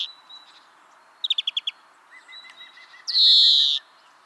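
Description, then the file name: European greenfinch with a brief trill of sharp notes, a soft series of lower notes, then a loud drawn-out nasal wheeze. "Chloris chloris"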